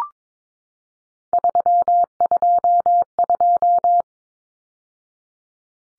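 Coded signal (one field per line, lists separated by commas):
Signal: Morse code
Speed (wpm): 22 wpm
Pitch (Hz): 700 Hz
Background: none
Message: 322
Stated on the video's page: Head-copy drill of three-digit numbers at 22 wpm, each number sent in Morse, spoken, then sent again.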